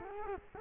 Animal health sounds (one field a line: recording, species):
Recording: mosquito wingbeat signal from an infrared sensor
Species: Culex quinquefasciatus